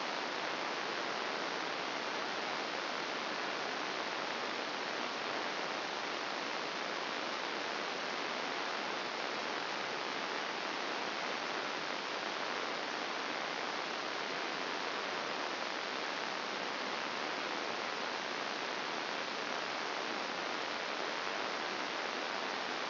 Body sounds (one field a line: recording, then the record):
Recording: brain microelectrode recording played as sound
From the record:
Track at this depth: inside the subthalamic nucleus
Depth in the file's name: 4.065 mm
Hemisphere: left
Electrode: 2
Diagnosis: Parkinson's disease